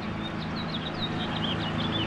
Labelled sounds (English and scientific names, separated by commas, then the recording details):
House Finch (Haemorhous mexicanus) song
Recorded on Long Island, New York, on 21 April 2011
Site PW
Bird A